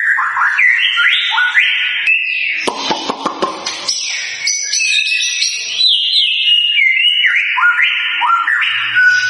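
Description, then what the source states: White-rumped shama song: rich whistled phrases sliding up and down, a brief burst of rapid clicking notes in the middle, then more varied fluty notes. Lure recording of a constantly singing (gacor) bird, intended to provoke an immediate response from other birds.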